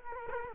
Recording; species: mosquito wingbeat signal from an infrared sensor; Culex quinquefasciatus